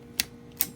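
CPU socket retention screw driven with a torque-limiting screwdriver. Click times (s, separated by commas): 0.2 s, 0.6 s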